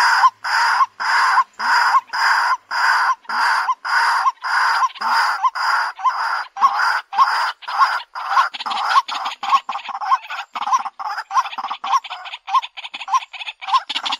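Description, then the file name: White-breasted waterhen calling: long series of loud, harsh, braying notes at a steady beat, later becoming quicker, shorter and more clipped. Calling in the daytime. "tieng cuoc keu ban ngay"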